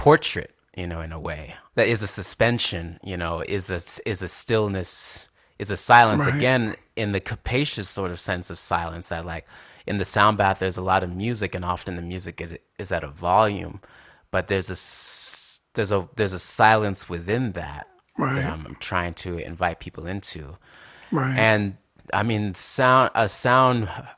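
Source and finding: Adult male speaker. Stuttering.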